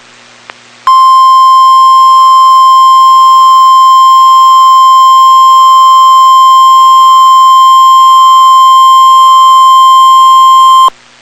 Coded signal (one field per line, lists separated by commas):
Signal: Emergency Alert System (SAME) tones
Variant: 1050 Hz attention tone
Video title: Tornado Warning (EAS #358)